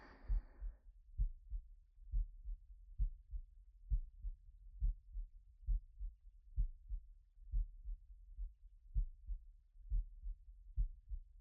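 Steady, muffled lub-dub heartbeat with paired low thumps at about 67 beats per minute, heard close to the chest during a hug. A brief rustle opens; after that only the deep, even heart sounds continue.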